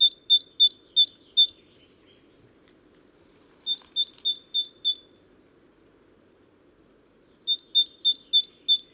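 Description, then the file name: Great tit song: three runs of quick alternating two-note phrases, each of five or six repeats, separated by pauses, with faint low background noise. "Parus major"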